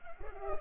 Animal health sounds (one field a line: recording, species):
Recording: mosquito wingbeat signal from an infrared sensor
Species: Culex pipiens